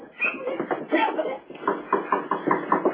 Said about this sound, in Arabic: سيبك يخبط. خليه يخبط. افتح لهم.